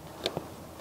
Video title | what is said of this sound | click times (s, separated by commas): HOW TO INSTALL VW golf MK7-7.5 steering wheel | that will just click right in | 0.3 s